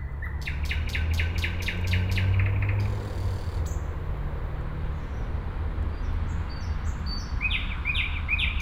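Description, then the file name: Nightingale song: a run of rapid repeated clicking notes, a pause, then a short burst of repeated chirps, with constant low-pitched background rumble. Recorded at Sergiyev Posad on 20 May 2011. "nightingale-sergiyevposad-200511"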